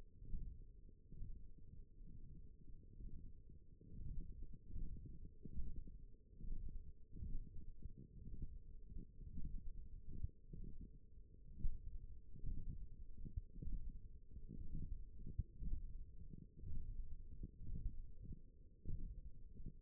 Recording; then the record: forearm muscle sounds (acoustic myography)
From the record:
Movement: thumb flexion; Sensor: system 1, eight BSWA MPA416 microphones around the upper forearm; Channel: 4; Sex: male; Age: 42 years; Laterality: right